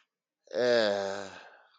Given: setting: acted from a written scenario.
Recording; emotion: vocal sound without words; guilt